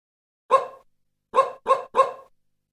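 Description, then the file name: Dog barking: one sharp bark, a brief pause, then three quick barks in a row. "cani dog"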